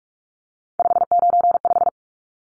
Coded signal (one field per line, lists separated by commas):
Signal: Morse code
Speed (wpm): 44 wpm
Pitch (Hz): 700 Hz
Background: none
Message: 595